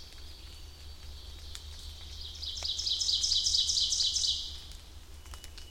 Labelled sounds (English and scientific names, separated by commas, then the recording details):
Ovenbird (Seiurus aurocapilla) song
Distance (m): 35 m
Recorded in boreal forest in Alberta, Canada, on 2 June 2016 at 07:15
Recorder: SongMeter 3, array SBT-3-7
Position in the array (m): 45 m, 157 m
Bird 4